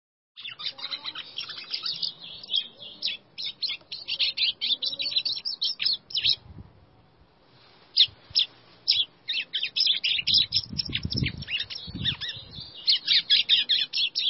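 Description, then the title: White-throated seedeater song: a long, fast run of varied high chirps and twitters, pausing briefly midway before resuming, with faint low rumbling beneath. "Canto Do Golinha"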